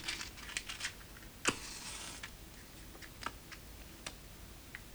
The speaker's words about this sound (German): Er steckt sich eine Zigarette an.